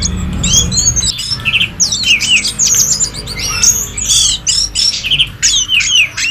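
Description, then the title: Bird song, a lively stream of high chattering phrases, whistled slurs and buzzy trills in quick bursts, briefly broken by short gaps. "SuaraBurung Kicau"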